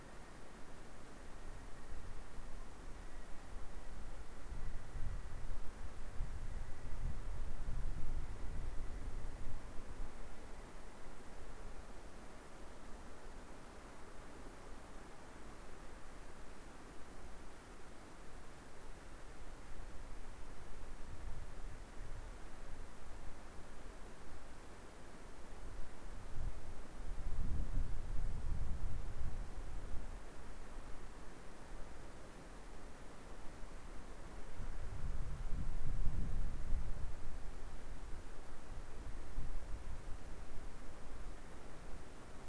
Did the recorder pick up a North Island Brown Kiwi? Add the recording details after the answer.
yes. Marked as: faintness 5/5. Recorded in New Zealand on 2 November 2013. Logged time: 20:59. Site CV71